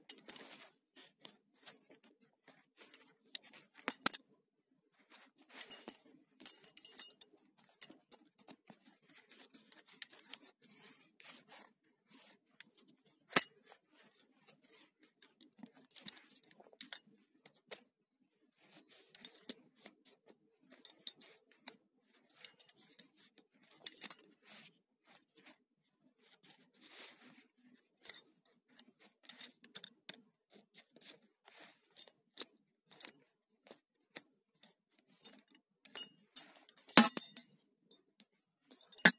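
Belt sounds come as irregular metallic clinks and jingles, a buckle rattling in bursts with short quiet gaps.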